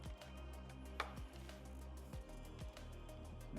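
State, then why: Torque reached. A torque wrench tightens a scope base mount screw on a CZ457 PRS rifle build and gives one distinct, sharp click at 1.0 s as it reaches its setting, confirming the screw is torqued. Steady background music plays throughout, with a few softer ticks around it.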